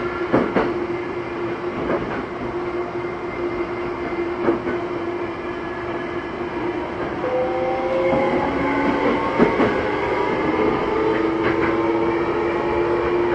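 A subway train runs along the line, its steady low rumble and rolling noise filling the whole clip. A sustained motor whine holds throughout, joined after about seven seconds by rising tones as the train changes speed. Sharp clanks from the wheels strike at irregular moments.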